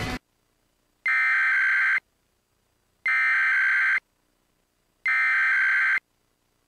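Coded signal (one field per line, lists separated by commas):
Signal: Emergency Alert System (SAME) tones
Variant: header bursts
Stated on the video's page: Mock EAS administrative message made for entertainment, not a real broadcast; may or may not contain valid tones.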